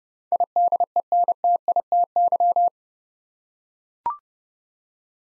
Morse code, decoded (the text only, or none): IDENTITY